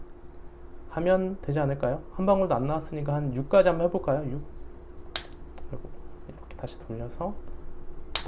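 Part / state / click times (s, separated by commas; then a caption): grind size adjustment dial on a home coffee grinder / seated / 8.2 s. Someone talks while adjusting the grind-size dial on an ITOP 40 home coffee grinder, pressing the release and turning it coarser to setting 6 because no espresso came out on the first try. Small clicks and ticks follow at 5.2 s. The dial locks into its detent at setting 6 with a sharp click at 8.2 s.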